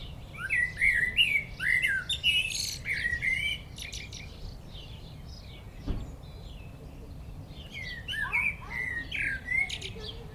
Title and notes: 1004 Rte de Châtillon, 73310 Chindrieux, France - Un merle au village. Un merle perché au sommet d'un arbre chante dans le village de Châtillon